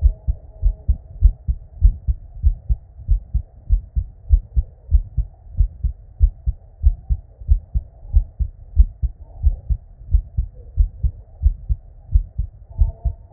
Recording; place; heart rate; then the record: heart sounds by stethoscope; Erb's point; 94 bpm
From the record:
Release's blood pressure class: normal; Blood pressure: 102/63 mmHg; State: at rest